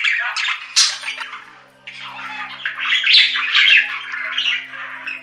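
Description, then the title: Budgerigar chattering: dense scratchy warbles and chirps, a brief pause near two seconds, then continuous rapid babble. "Budgie Sounds"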